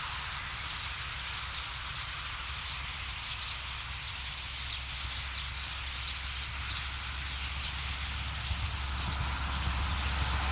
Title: Ein Vogelschwarm Stare. A flock of birds starlings. Boldixumstieg, 25938 Nieblum, Deutschland